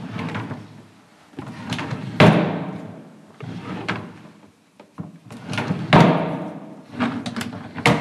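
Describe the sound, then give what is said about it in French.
A drawer slides open and shut several times, each rolling scrape ending in a sharp wooden bump, with two especially hard slams. No voices accompany the repeated rumbling cycles. “Un tiroir qui s'ouvre et qui se ferme.”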